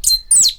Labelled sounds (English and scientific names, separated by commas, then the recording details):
Stitchbird (Notiomystis cincta) song
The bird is a male
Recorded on Tiritiri Matangi Island, New Zealand, in 2005
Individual 8, of nest box 10